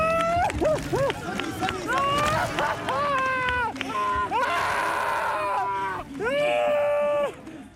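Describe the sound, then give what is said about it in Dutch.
Cyclist Sonny Colbrelli screams in jubilation after winning the sprint at the finish of the Paris-Roubaix race, a string of loud, strained, high-pitched cries in quick succession, some breaking hoarsely, with rushing background noise behind them. “Dat moeten we toch helemaal laten horen, hè? Sonny Colbrelli. Van hem was de schreeuw.”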